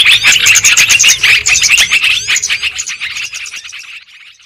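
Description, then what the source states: Lovebird calls: rapid shrill chirps and squeaks, packed tightly for about three seconds before thinning out and fading to near silence. Lure sound for trapping lovebirds.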